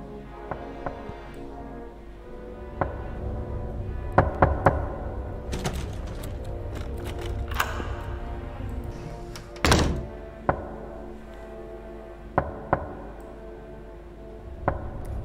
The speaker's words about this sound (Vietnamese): tiếng gõ cửa dồn dập không ngừng. Bà Liên dù lúc bấy giờ không rõ là ai, nhưng kỳ lạ rằng những âm thanh lớn khi nãy không lý nào chỉ một mình bà nghe được, mà Yến thì lại hoàn toàn không nghe thấy.